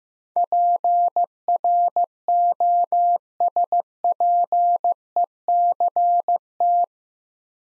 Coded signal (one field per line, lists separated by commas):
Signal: Morse code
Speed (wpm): 15 wpm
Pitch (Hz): 700 Hz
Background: none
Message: PROSPECT